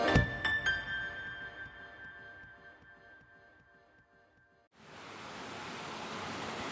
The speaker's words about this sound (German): Die Kläranlage in Weißenburg. Grautrübes Wasser schießt von zwei Seiten aus großen Rohren in einen oben offenen Kanal.